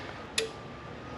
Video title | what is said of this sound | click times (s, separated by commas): The BEST Beginner Efoil Experience: Unbox & Learning to Fliteboard | hear that little click yeah and then you can let that go and then it's going to start charging | 0.4 s